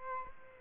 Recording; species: mosquito wingbeat signal from an infrared sensor; Aedes albopictus